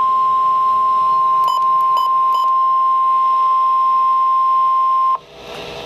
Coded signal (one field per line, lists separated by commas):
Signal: Emergency Alert System (SAME) tones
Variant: 1050 Hz attention tone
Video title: Flood Watch (EAS #342)